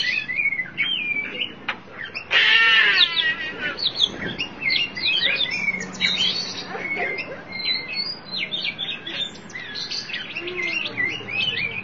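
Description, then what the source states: Oriental magpie-robin song: a harsh rasping burst near the start, then quick repeated whistled and chattering notes running on without pause. Chirping song of the kacer.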